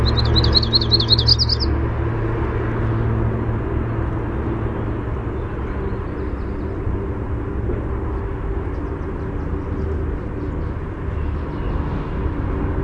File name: YRWA song